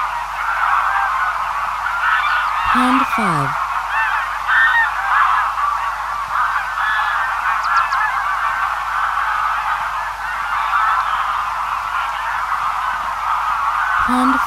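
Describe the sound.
Greylag goose flock calling, a dense steady babble of overlapping nasal honks throughout, with a lower downward-sliding call near three seconds.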